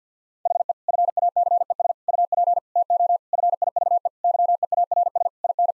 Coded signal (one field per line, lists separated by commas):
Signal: Morse code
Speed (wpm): 50 wpm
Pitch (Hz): 700 Hz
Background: none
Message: HE FACES UP TO FIVE YEARS IN